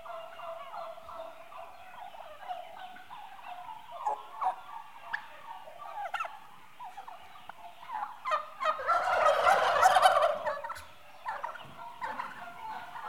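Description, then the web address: Turkeys gobbling and yelping in a group, with rapid broken calls throughout and a loud burst of overlapping gobbles near the tenth second. Eight-month-old turkeys, livestock. "The BBC Sound Effects Library (Livestock) Turkeys 8 Months Old"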